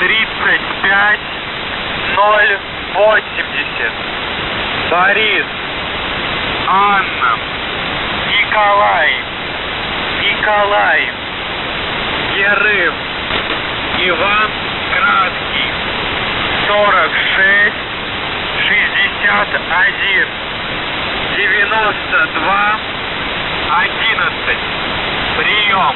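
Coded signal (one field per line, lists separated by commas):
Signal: coded military voice message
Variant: Russian, callsign Воздух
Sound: male Russian voice reading number groups and phonetic-alphabet names over hiss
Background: radio static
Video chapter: 01:24 - Воздух Охват-98 35080 БАННЫЙ 4661 9211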